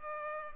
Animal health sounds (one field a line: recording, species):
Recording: mosquito wingbeat signal from an infrared sensor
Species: Culex pipiens